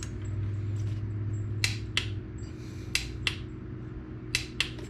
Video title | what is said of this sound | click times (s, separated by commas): BMW K1600 Front Tire Change | there's three clicks for Country coder because he said make sure I do it at least three times | 1.6 s, 2.0 s, 3.0 s, 3.3 s, 4.4 s, 4.6 s